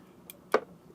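A SIM card is pushed into the push-push SIM slot of a 4G router again to show it latching. A faint tick at 0.3 s is followed by a sharper, louder click at 0.5 s as the card seats. The SIM card is latched in place.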